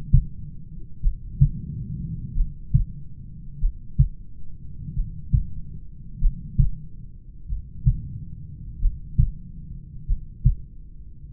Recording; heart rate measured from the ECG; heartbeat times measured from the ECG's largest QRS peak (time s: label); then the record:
heart sounds by stethoscope; 46 bpm
1.06 s: heartbeat
2.39 s: heartbeat
3.64 s: heartbeat
4.99 s: heartbeat
6.24 s: heartbeat
7.52 s: heartbeat
8.84 s: heartbeat
10.11 s: heartbeat
From the record:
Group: heart failure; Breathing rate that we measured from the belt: 19 breaths a minute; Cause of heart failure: familial cardiomyopathy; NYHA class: 1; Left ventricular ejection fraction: 49%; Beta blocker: bisoprolol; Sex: male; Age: 31 years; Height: 194 cm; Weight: 96 kg